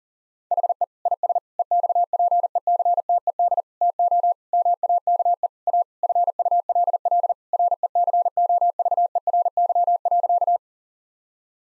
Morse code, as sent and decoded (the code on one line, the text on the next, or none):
.... . / .. ... / . -..- .--. . -.-. - . -.. / - --- / -- .- -.- . / .- / ..-. ..- .-.. .-.. / .-. . -.-. --- ...- . .-. -.-- .-.-.-
HE IS EXPECTED TO MAKE A FULL RECOVERY.